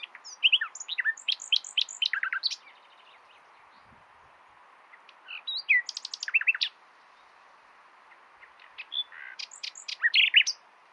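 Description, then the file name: Common nightingale song: bursts of sharp, rapidly repeated notes and short whistles, three main phrases separated by pauses of a few seconds. "Luscinia megarhynchos"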